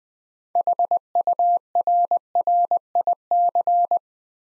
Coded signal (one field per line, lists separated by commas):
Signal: Morse code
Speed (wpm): 20 wpm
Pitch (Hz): 700 Hz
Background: none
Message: HURRIC